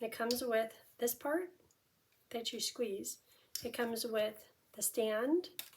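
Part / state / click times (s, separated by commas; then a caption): squeeze glue bottle into its stand / not seated / none. Someone talks while handling a squeeze glue bottle that goes into its plastic stand, with short pauses between phrases. Nothing has seated or clicked yet; the clip ends before the bottle snaps into the stand.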